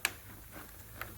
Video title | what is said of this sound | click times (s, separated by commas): How to Remove a Jaguar XE Tail Light | it done make sure it clicks | 0.1 s